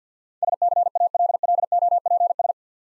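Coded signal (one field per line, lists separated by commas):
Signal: Morse code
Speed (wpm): 50 wpm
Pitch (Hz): 700 Hz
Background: none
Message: SCALLOPS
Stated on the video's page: Practice set of difficult words with contextual hints, sent at 50 wpm for copying practice.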